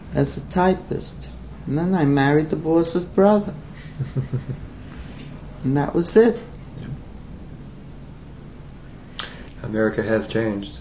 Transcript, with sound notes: As a typist. And then I married the boss's brother. [chuckles] And that was it.
America has changed.